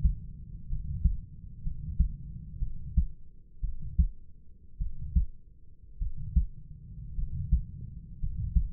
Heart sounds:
heart sounds by stethoscope; 56 bpm
0.69 s: heartbeat
1.63 s: heartbeat
2.59 s: heartbeat
3.61 s: heartbeat
4.78 s: heartbeat
5.99 s: heartbeat
7.15 s: heartbeat
8.19 s: heartbeat
From the record:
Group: healthy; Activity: rest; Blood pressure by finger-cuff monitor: 111/61 mmHg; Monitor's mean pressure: 71 mmHg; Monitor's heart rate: 53 bpm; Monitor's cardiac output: 4.9 L/min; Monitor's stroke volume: 89 mL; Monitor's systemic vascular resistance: 1030 dyn s/cm5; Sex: male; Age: 25 years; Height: 170 cm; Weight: 70.4 kg

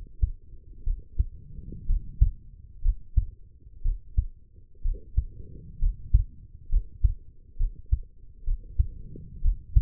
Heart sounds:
heart sounds by stethoscope; 63 bpm
0.83 s: heartbeat
1.86 s: heartbeat
2.81 s: heartbeat
3.82 s: heartbeat
4.81 s: heartbeat
5.79 s: heartbeat
6.69 s: heartbeat
7.56 s: heartbeat
8.44 s: heartbeat
9.41 s: heartbeat
From the record:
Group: healthy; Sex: female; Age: 23 years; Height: 160 cm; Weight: 50.4 kg

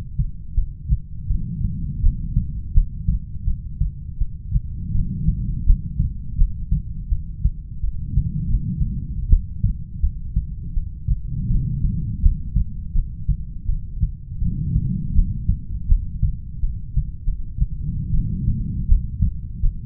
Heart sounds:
heart sounds by stethoscope; 82 bpm
0.57 s: heartbeat
1.30 s: heartbeat
2.03 s: heartbeat
2.75 s: heartbeat
3.47 s: heartbeat
4.20 s: heartbeat
4.94 s: heartbeat
5.67 s: heartbeat
6.38 s: heartbeat
7.11 s: heartbeat
7.83 s: heartbeat
8.48 s: heartbeat
9.30 s: heartbeat
10.02 s: heartbeat
10.75 s: heartbeat
11.49 s: heartbeat
12.22 s: heartbeat
12.95 s: heartbeat
13.68 s: heartbeat
14.40 s: heartbeat
15.15 s: heartbeat
15.89 s: heartbeat
16.62 s: heartbeat
17.26 s: heartbeat
18.13 s: heartbeat
18.88 s: heartbeat
19.62 s: heartbeat
From the record:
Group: heart failure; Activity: rest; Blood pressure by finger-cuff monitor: 101/59 mmHg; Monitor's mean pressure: 75 mmHg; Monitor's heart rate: 82 bpm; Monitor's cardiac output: 8.2 L/min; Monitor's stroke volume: 100 mL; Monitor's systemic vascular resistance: 650 dyn s/cm5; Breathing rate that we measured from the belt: 18 breaths a minute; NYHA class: 1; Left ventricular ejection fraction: 39%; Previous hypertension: present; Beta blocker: carvedilol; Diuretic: furosemide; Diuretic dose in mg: 20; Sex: male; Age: 60 years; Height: 178 cm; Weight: 62 kg

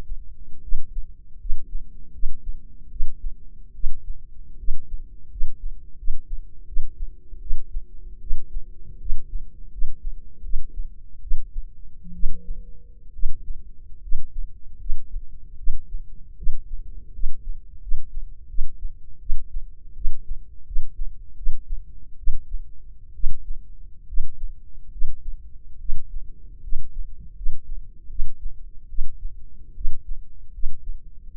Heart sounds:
heart sounds by microphone in the left ear; 76 bpm
0.61 s: heartbeat
1.38 s: heartbeat
2.12 s: heartbeat
2.89 s: heartbeat
3.73 s: heartbeat
4.57 s: heartbeat
5.29 s: heartbeat
5.96 s: heartbeat
6.66 s: heartbeat
7.40 s: heartbeat
8.20 s: heartbeat
8.99 s: heartbeat
9.70 s: heartbeat
10.42 s: heartbeat
11.21 s: heartbeat
12.13 s: heartbeat
13.12 s: heartbeat
14.01 s: heartbeat
14.78 s: heartbeat
15.56 s: heartbeat
16.36 s: heartbeat
17.12 s: heartbeat
17.80 s: heartbeat
18.47 s: heartbeat
19.19 s: heartbeat
19.94 s: heartbeat
20.65 s: heartbeat
21.36 s: heartbeat
22.17 s: heartbeat
23.13 s: heartbeat
24.06 s: heartbeat
24.90 s: heartbeat
25.78 s: heartbeat
26.61 s: heartbeat
27.34 s: heartbeat
28.08 s: heartbeat
28.88 s: heartbeat
29.74 s: heartbeat
30.52 s: heartbeat
31.31 s: heartbeat
From the record:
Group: healthy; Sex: female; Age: 22 years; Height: 157 cm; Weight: 47.6 kg

